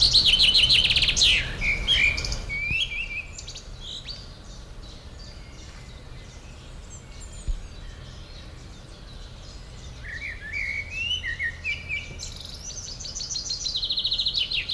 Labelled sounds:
Common Chaffinch (Fringilla coelebs) song

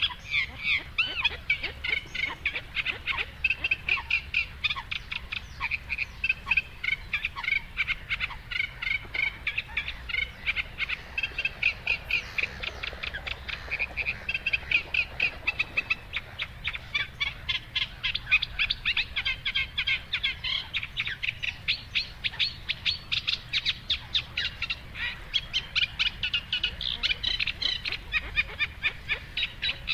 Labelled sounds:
Eurasian Reed Warbler (Acrocephalus scirpaceus) song

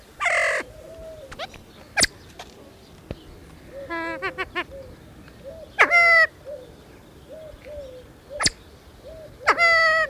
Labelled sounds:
Siamese Fireback (Lophura diardi) call

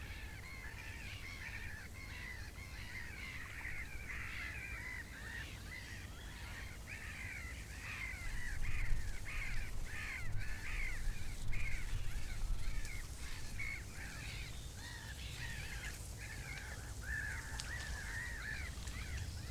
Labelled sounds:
Great Reed Warbler (Acrocephalus arundinaceus)

